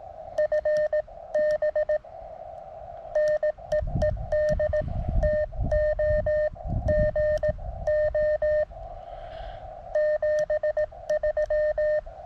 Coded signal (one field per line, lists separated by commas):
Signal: Morse code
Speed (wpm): 18 wpm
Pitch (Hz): 1800 Hz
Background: none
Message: FB NEED TO GO 73